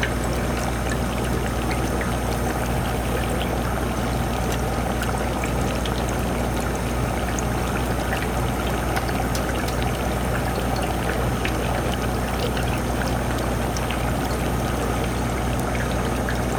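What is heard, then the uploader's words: Machinery runs steadily under a dense, churning wash of bubbling liquid, like water pouring or being pumped. A low, constant hum sits beneath it, with faint higher whines holding level. Small clicks and splashes flicker through without any pause across the whole stretch. Science Lab. You'll hear the sound of machines and bubbling liquids, creating a soothing ambiance.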